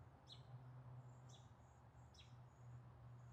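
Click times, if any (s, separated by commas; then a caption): none. An adjustment tool is inserted into the gas nozzle of a WellPro AK12 gas blowback rifle and twisted to engage the valve grub screw. Under a steady low hum, three chirps rise at about 0.3, 1.3 and 2.2 seconds. No click is heard, and the tool has not clicked into the grub screw yet, so it is pulled out to retry.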